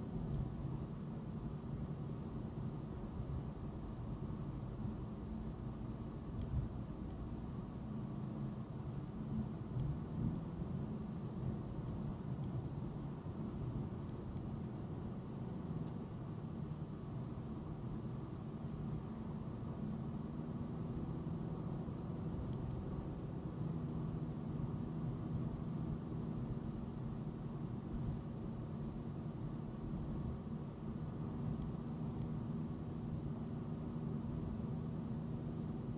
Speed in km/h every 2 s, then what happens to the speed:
77, 77, 77, 77, 77, 76, 77, 77, 77, 76, 77, 77, 77, 79, 79, 76, 76, 76.
0-36 steady at about 77.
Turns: none.